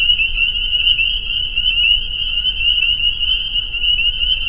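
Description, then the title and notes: A chorus of spring peepers, many high clear peeps blending into one shimmering, ceaseless trill. Soundscape at a peeper pond on friends' property in northern Vermont. "Peepers. the peeper pond on our friends' property in northern Vermont"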